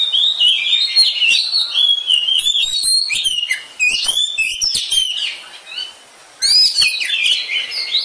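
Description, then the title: Oriental magpie-robin delivering loud, rapid, fluting whistles and chattering notes almost without a break, with a short pause near the end. Competition kacer poci, national champion; singing gacor, 'nembak' and 'ngerol' styles; seven kinds of kacer sound every three minutes. "Kacer Poci Gacor Nembak Dan Ngerol Juara Nasional. 7 macam suara kacer setiap 3 menit"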